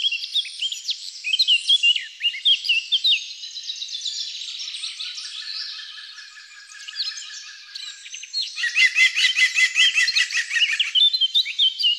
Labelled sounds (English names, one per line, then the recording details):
Eurasian Blackcap song
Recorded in the wild
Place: Wasenweiler am Kaiserstuhl, Baden-Württemberg, DE
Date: 2001-04-01
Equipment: MiniDisc Sharp MT 20 H
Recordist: Schwarz, Dieter